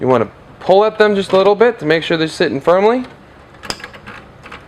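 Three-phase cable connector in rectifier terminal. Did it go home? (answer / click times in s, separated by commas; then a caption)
partly / 3.7 s. Someone talks while three-phase cable connectors plugged into a rectifier's terminals are tugged one by one to check that they are seated. A sharp click at 3.7 s is followed by softer clicks and rattles until about 4.5 s. One connector was not fully home and pops out of its terminal when pulled.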